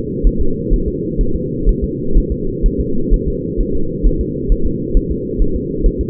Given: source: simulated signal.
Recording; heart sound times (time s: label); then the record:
fetal heart sounds
0.27 s: S1
0.41 s: S2
0.74 s: S1
0.88 s: S2
1.21 s: S1
1.36 s: S2
1.69 s: S1
1.84 s: S2
2.18 s: S1
2.32 s: S2
2.66 s: S1
2.80 s: S2
3.14 s: S1
3.28 s: S2
3.61 s: S1
3.75 s: S2
4.07 s: S1
4.21 s: S2
4.52 s: S1
4.66 s: S2
4.97 s: S1
5.12 s: S2
5.42 s: S1
5.56 s: S2
5.86 s: S1
6.01 s: S2
From the record:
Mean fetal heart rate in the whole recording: 130 bpm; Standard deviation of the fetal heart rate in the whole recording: 4 bpm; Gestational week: 38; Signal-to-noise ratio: -8.1 dB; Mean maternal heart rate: 72 bpm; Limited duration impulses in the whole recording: absent